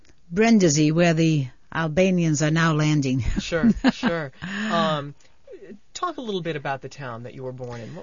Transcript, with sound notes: Brindisi, where the Albanians are now landing. (she laughs)
Sure, sure. Talk a little bit about the town that you were born in.